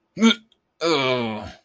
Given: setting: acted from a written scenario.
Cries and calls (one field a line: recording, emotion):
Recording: vocal sound without words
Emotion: disgust